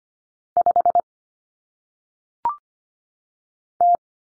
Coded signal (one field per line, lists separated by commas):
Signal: Morse code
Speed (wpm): 25 wpm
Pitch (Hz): 700 Hz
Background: none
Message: 5 T